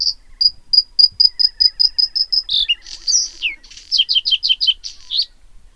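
Bluethroat song: a run of rapid, identical high notes, then a varied jumble of buzzy, twanging and sharply descending phrases.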